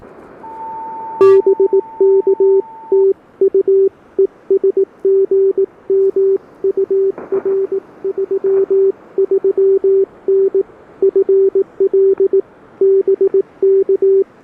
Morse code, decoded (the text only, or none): BK TU ES GM UR 33N FL BK